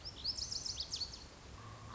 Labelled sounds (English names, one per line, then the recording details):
Lazuli Bunting
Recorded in Sonoma County, California